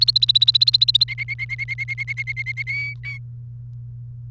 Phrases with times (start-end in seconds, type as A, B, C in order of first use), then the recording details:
0.00-1.04 A, 1.08-2.63 B, 2.67-2.94 C, 3.04-3.18 D. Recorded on 28 April 2018 at 06:23. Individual llb3